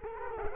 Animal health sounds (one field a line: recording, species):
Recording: mosquito wingbeat signal from an infrared sensor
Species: Culex quinquefasciatus